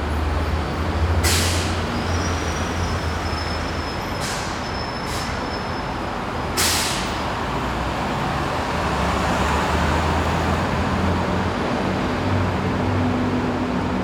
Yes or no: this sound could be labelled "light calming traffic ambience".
yes